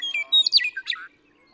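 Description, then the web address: Western meadowlark song phrase: sweet whistled opening notes dropping into a rapid, bubbling flourish that ends abruptly, with quiet silence after. "birdsongforthecurious songs Western Meadowlark"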